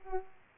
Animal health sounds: mosquito wingbeat signal from an infrared sensor; Aedes aegypti

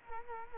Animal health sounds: mosquito wingbeat signal from an infrared sensor; Culex quinquefasciatus

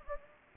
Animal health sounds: mosquito wingbeat signal from an infrared sensor; Anopheles gambiae

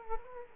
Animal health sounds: mosquito wingbeat signal from an infrared sensor; Culex quinquefasciatus

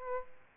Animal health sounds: mosquito wingbeat signal from an infrared sensor; Aedes albopictus

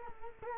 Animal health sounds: mosquito wingbeat signal from an infrared sensor; Culex quinquefasciatus

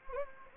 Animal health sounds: mosquito wingbeat signal from an infrared sensor; Anopheles gambiae

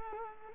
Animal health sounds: mosquito wingbeat signal from an infrared sensor; Culex pipiens

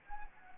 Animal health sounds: mosquito wingbeat signal from an infrared sensor; Anopheles gambiae

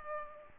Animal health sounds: mosquito wingbeat signal from an infrared sensor; Culex pipiens

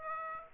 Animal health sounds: mosquito wingbeat signal from an infrared sensor; Aedes aegypti

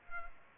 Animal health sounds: mosquito wingbeat signal from an infrared sensor; Culex pipiens

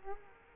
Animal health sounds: mosquito wingbeat signal from an infrared sensor; Culex quinquefasciatus

